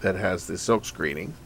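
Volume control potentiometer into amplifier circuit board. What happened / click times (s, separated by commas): Handled, not yet seated: no snap of the part going home / none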